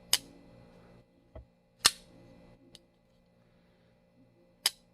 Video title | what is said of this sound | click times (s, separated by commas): TREVOR BURGER L.E.X.K PLUS KNIFE REVIEW GOOD & BAD | And you can hear the lockup. | 0.1 s, 1.9 s, 4.7 s